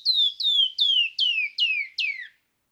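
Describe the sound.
Canyon wren song: a cascade of six clear whistled notes, each sliding downward and dropping lower in pitch one after another, ending after about two and a half seconds.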